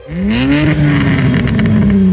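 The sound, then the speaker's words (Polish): A loud car engine revs with a throaty, modified-sounding exhaust, its low droning pitch climbing quickly and then holding steady in a sustained roar, with no voices. “Na celowniku są auta ze zmodyfikowanymi rurami wydechowymi.”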